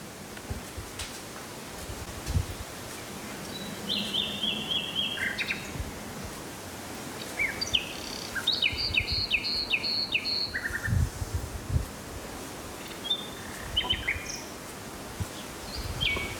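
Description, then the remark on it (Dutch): Song of the first nightingale of the season at Heijort in Neerritter, the Netherlands, over a soft, noisy outdoor background: bursts of high whistled phrases and rapid repeated chirps, with short pauses between varied phrases. “Luisteraar Frenk Jansen meldt zijn eerste nachtegaal op Heijort te Neerritter.”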